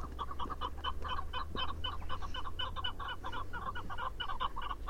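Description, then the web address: Chukar partridge clucking calls, rapid harsh chuck notes repeated in a dense, continuous series throughout, with a steady low hum underneath. "sound Chukar. صدای-کبک-چوکار"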